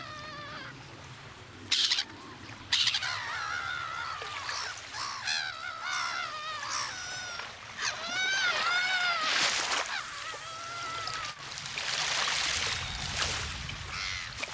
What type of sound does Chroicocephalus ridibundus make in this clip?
flight call